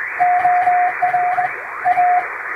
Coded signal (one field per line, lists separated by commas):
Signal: Morse code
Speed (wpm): 22 wpm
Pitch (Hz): 720 Hz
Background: radio noise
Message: OR A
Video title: 昭和が青春時代だった！昔よくラジオから聞こえたモールス符号！短波通信のモールス信号を再現しました！ノイズとフェージングを加えています。無線の受信トレーニングに！ morse code practice